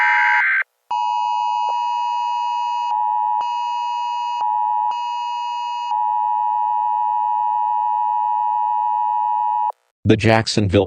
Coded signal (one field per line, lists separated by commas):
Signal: Emergency Alert System (SAME) tones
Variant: 853 and 960 Hz attention tone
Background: speech